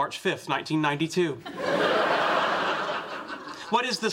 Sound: soundbite of laughter

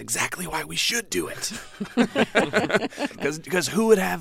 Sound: laughter

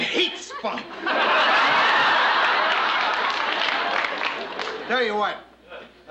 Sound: laughter

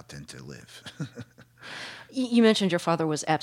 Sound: soundbite of laughter

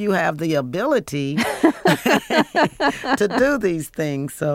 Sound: laughter

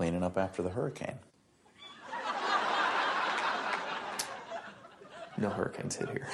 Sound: soundbite of laughter

